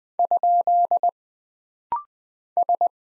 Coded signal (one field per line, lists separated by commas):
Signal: Morse code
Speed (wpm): 20 wpm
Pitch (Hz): 700 Hz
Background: none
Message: ? S